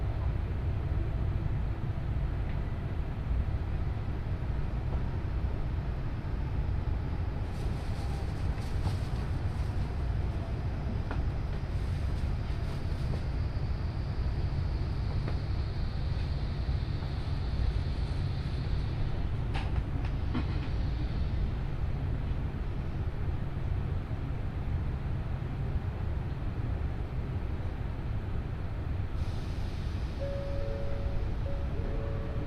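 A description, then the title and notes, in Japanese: The Nishi-Kyushu Shinkansen Kamome No. 25 runs between Takeo-Onsen and Nagasaki with a steady, heavy low rumble that never lets up. Faint clicks and brief airy whooshes come and go around 8–13 and 29–32 seconds, and a short thin tone sounds near the end. 西九州新幹線かもめ25号武雄温泉→長崎。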